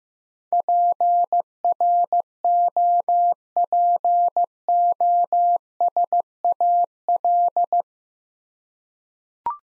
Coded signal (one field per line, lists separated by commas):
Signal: Morse code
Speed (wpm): 15 wpm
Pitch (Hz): 700 Hz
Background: none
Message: PROPOSAL